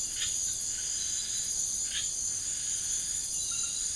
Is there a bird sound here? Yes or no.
no